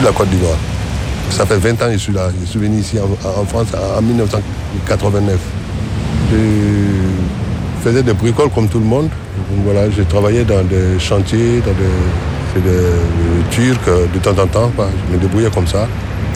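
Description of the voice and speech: A 47-year-old man from Côte d'Ivoire speaks French with stretched sounds and a long stall on 'je'. This is stuttering acquired in adulthood, which began after a false accusation of sexual assault, wrongful conviction and imprisonment. He did not speak like this before, and his speech now takes effort to understand.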